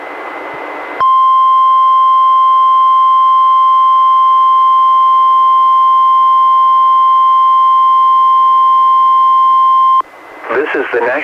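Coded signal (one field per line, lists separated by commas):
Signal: Emergency Alert System (SAME) tones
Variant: 1050 Hz attention tone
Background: speech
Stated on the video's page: Required Weekly Test issued by the National Weather Service and relayed by NOAA Weather Radio station KEC91, recorded from a Reecom R-1630 weather radio through a Zoom H1 recorder.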